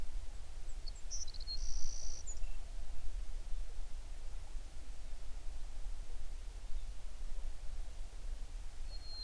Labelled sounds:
songbird
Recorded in the Prudhoe Bay oil fields, Alaska, on 11 June 2019 at 05:36
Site 21

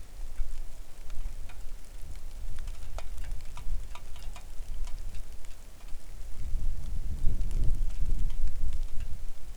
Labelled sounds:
wind, rain
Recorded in the Arctic National Wildlife Refuge, Alaska, on 3 August 2019 at 09:43
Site 41

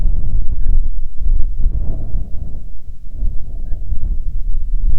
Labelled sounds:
wind
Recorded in the Prudhoe Bay oil fields, Alaska, on 6 June 2019 at 03:41
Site 16

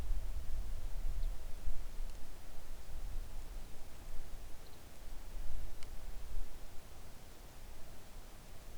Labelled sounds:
songbird
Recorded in the Arctic National Wildlife Refuge, Alaska, on 3 August 2019 at 10:31
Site 41

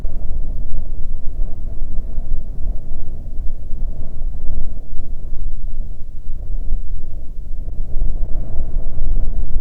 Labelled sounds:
wind
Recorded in the Prudhoe Bay oil fields, Alaska, on 15 May 2019 at 00:30
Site 24

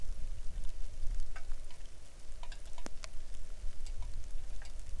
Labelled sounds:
wind, rain
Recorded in the Arctic National Wildlife Refuge, Alaska, on 3 August 2019 at 09:43
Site 41

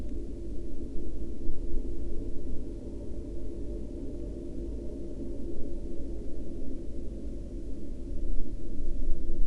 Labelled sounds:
machinery, flare stack
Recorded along the Dalton Highway, Alaska, on 16 April 2019 at 05:27
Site 07

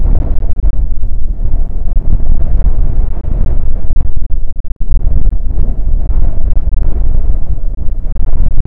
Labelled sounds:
wind
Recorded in the Arctic National Wildlife Refuge, Alaska, on 20 June 2019 at 00:30
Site 44

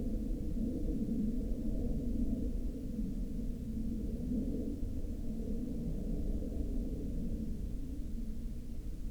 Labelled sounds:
aircraft
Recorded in the Prudhoe Bay oil fields, Alaska, on 19 July 2019 at 18:08
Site 13

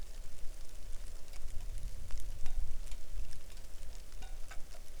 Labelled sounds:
rain
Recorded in the Arctic National Wildlife Refuge, Alaska, on 3 August 2019 at 09:34
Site 41

